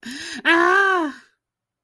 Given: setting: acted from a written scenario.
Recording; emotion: vocal sound without words; pain